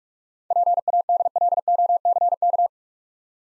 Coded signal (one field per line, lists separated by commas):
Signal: Morse code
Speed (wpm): 46 wpm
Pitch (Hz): 700 Hz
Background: none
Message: PADLOCK